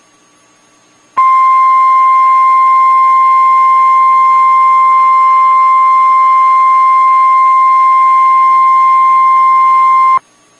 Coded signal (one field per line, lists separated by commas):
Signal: Emergency Alert System (SAME) tones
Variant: 1050 Hz attention tone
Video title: Illinois Once Again... | EAS Alerts from 10/11/2021 (EAS #775-791)